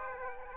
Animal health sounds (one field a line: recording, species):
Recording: mosquito wingbeat signal from an infrared sensor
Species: Aedes aegypti